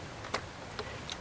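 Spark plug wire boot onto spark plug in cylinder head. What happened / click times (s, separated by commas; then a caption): The rubber boot snapped onto its post / 0.4 s. A spark plug wire boot on a MINI Cooper is pushed down into the plug hole in the cylinder head until it clicks onto the spark plug. A sharp click at 0.4 s shows it is fully seated. Two fainter ticks follow at about 0.8 s and 1.1 s.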